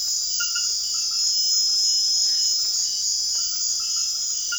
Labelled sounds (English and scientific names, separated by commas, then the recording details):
none
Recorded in secondary vegetation near Puerto Asís, Putumayo, Colombia, on 24 June 2025 at 21:30
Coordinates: 0.500, -76.326
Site GP08